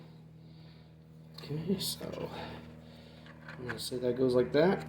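Someone handles the LED driving light wiring connector for an Indian Challenger Pathfinder S, lining it up with its mating plug on the motorcycle fairing harness while someone talks over soft plastic handling noises. Nothing has seated or clicked yet; the connector is not yet home.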